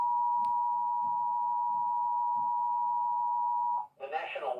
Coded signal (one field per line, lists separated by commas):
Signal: Emergency Alert System (SAME) tones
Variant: 853 and 960 Hz attention tone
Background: speech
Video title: @raynplayz1674 @Matilda2813 Eas be like 🤣🤣